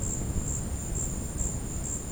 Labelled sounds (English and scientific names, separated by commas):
none